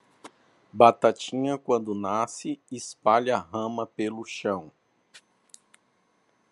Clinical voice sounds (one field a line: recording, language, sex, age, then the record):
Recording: short text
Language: Brazilian Portuguese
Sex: male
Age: 40 to 49 years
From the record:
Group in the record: control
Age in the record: 48 years